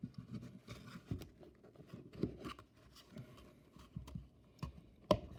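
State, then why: Seated. A 3D-printed plastic filter piece, with the glue cleaned off, is pushed into a 3D-printed respirator mask through faint scraping and handling sounds. A sharp click at 5.1 s shows it has seated, with one click expected on each side once it is in place.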